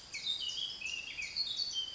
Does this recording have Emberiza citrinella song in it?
no